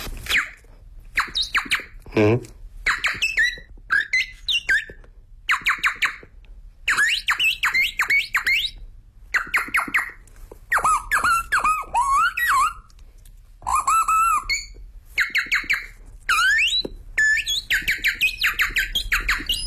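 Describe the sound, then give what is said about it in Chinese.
A voice imitates a flurry of different birds: rapid high chirps, warbles, trills and whistled sweeps in quick bursts with short pauses, some squeaky and shrill, others smoother and lower. “这是一点点，百鸟争鸣它很长的。”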